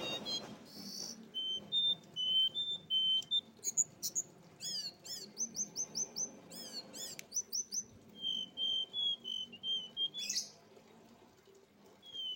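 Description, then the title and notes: Streaked spiderhunter singing a long run of quick, sharp chirps and thin high whistles, repeated rapidly in uneven phrases. Indonesian training recording for cage birds; described as a bird singing actively, clear and long. "Pijantung Gunung Gacor Jernih Panjang. Masteran burung"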